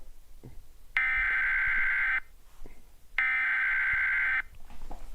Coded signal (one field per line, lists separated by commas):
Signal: Emergency Alert System (SAME) tones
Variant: header bursts